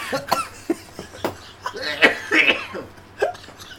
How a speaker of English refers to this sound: I'm just having a coughing fit. Sorry, everyone.